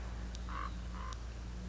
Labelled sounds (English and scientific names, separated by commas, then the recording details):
Common Raven (Corvus corax)
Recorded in Sonoma County, California